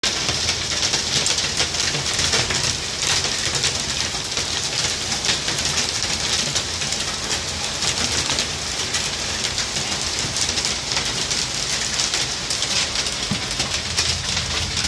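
Light hail patters down in a dense, steady rush of tiny taps, bright and hissy, with countless quick impacts blurring together. The level stays even for the whole stretch, with a soft low rumble underneath and no clear separate events.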